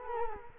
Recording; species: mosquito wingbeat signal from an infrared sensor; Culex quinquefasciatus